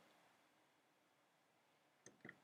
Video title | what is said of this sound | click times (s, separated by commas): 🔴 Join me LIVE for another building session! | and it clicks into place | 2.3 s